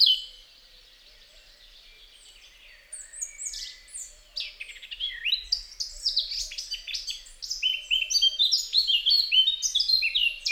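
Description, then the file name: Eurasian blackcap song: after about three quiet seconds, a rich, fast warble of varied fluty and chattering notes builds up and runs on to the end. "Sylvia atricapilla"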